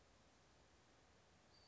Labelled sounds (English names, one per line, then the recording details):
Western Flycatcher
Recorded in Sonoma County, California